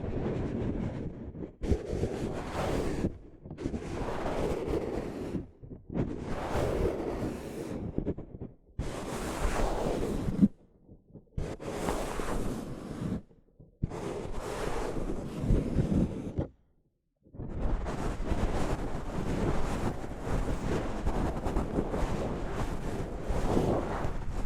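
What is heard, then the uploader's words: Soft fabric brushes against a microphone in repeated strokes, each a rough, whooshing rustle with a heavy low rumble, separated by short silences every two to three seconds. After a longer pause near seventeen seconds, the rubbing becomes continuous until the end. ASMR Mic Brushing using Soft Fabric (No Talking).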